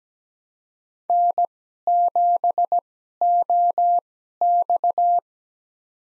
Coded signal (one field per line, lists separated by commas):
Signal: Morse code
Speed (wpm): 17 wpm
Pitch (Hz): 700 Hz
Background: none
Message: N7OX